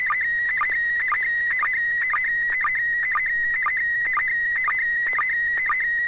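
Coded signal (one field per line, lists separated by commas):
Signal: SSTV (slow-scan television)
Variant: PD120 mode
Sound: steady warbling whistle near 2 kHz with short low chirps twice a second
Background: radio hiss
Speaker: this is going to be pd 120 and 6pg so all right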